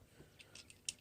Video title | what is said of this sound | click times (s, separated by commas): Bossgunny Reviews Cyberverse Optimus Primes | a little tab comes down like this on both sides and snaps into place and | 0.9 s